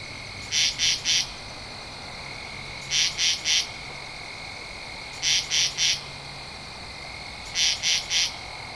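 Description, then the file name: Katydid calling with harsh, buzzy triple bursts, three quick rasps grouped together and repeated about every two and a half seconds over a steady faint hiss. Recorded 2 October 2012. "Katydid-20121002"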